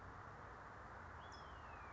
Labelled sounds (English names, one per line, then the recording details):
California Towhee
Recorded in Sonoma County, California